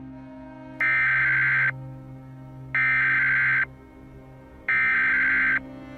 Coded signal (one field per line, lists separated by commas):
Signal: Emergency Alert System (SAME) tones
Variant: header bursts